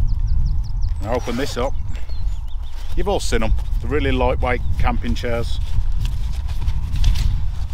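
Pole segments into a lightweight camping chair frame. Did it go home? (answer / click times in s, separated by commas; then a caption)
no / none. Someone talks while unfolding a lightweight camping chair and handling its shock-corded frame pole segments to fit into the hubs, with a brief sharp sound near 2.0 s over steady background noise. Nothing has seated or clicked into place yet.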